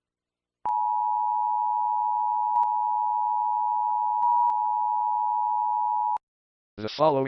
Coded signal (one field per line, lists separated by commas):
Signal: Emergency Alert System (SAME) tones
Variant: 853 and 960 Hz attention tone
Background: speech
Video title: [EAS SCENARIO] The Cuban Missile Crisis, October 17th, 1962.